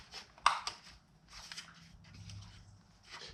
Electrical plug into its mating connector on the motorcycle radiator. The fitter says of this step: heard that click you heard that click click click click